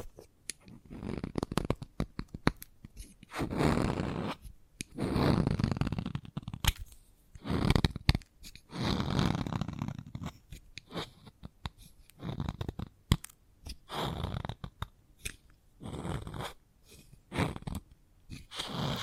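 Chalk being worked with scratchy, gritty strokes and sharp taps, in bursts lasting a second or two separated by brief pauses. The rough scraping sounds crunchy and dense, and clicks and knocks punctuate it throughout all nineteen seconds.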